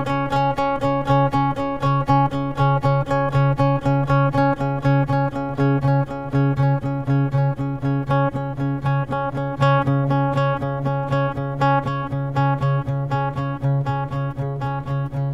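A guitar plucks the same D♭ note over and over, about three to four attacks per second at a steady, even pace for the whole stretch. Each pluck is crisp and bright with a full, ringing body underneath, clear with no other sounds.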